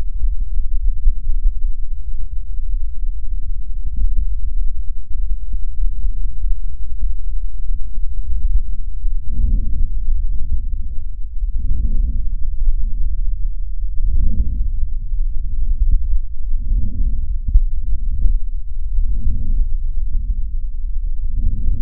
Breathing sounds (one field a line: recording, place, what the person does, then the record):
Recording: lung sounds by stethoscope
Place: left posterior apical chest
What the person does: quiet breathing, then deep breathing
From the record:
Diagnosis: interstitial lung disease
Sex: female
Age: 70 years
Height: 160 cm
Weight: 93 kg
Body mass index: 36.3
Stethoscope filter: bell mode